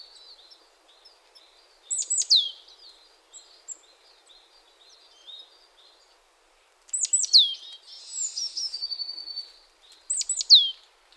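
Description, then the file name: Great tit calls: sharp high notes sweeping downward in small clusters, with a longer buzzy, rasping stretch between them and soft twittering in the quieter gaps. "Parus major"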